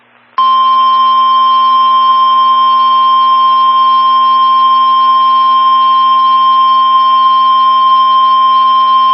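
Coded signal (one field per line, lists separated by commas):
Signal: Emergency Alert System (SAME) tones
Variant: 1050 Hz attention tone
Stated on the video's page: Personally captured emergency alerts.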